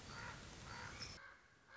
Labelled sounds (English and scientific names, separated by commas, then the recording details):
Common Raven (Corvus corax)
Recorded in Sonoma County, California